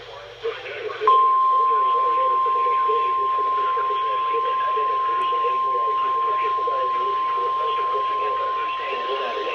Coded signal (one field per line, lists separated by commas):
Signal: Emergency Alert System (SAME) tones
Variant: 1050 Hz attention tone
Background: speech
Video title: EAS #849-853 - WXL39, KIH28, WXM60, KZZ31 and WNG704 Required Weekly Tests 8-27-2014